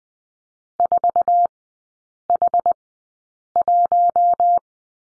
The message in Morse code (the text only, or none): 4H1